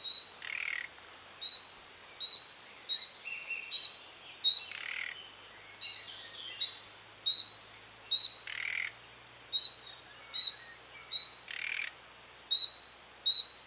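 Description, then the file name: Common nightingale calls: short high whistles repeated about every three-quarters of a second, with several harsh rasping bursts and a few chattering notes between them. "Luscinia megarhynchos"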